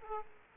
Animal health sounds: mosquito wingbeat signal from an infrared sensor; Aedes aegypti

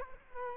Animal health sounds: mosquito wingbeat signal from an infrared sensor; Culex quinquefasciatus

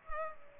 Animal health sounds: mosquito wingbeat signal from an infrared sensor; Culex pipiens

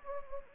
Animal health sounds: mosquito wingbeat signal from an infrared sensor; Anopheles gambiae

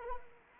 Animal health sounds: mosquito wingbeat signal from an infrared sensor; Anopheles arabiensis

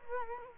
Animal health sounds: mosquito wingbeat signal from an infrared sensor; Culex quinquefasciatus

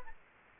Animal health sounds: mosquito wingbeat signal from an infrared sensor; Culex quinquefasciatus

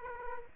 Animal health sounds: mosquito wingbeat signal from an infrared sensor; Aedes aegypti

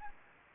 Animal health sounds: mosquito wingbeat signal from an infrared sensor; Anopheles gambiae

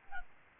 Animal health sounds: mosquito wingbeat signal from an infrared sensor; Aedes albopictus

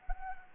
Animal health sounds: mosquito wingbeat signal from an infrared sensor; Anopheles arabiensis

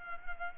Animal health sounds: mosquito wingbeat signal from an infrared sensor; Culex pipiens

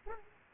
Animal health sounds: mosquito wingbeat signal from an infrared sensor; Aedes aegypti

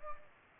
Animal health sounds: mosquito wingbeat signal from an infrared sensor; Culex pipiens

